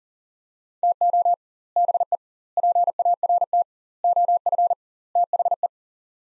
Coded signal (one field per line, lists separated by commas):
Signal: Morse code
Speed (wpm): 40 wpm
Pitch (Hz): 700 Hz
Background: none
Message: TO BE PART OF THE